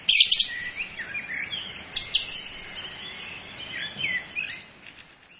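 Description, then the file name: Song thrush singing in short bursts of scratchy, high notes among softer warbling. "zanglijster"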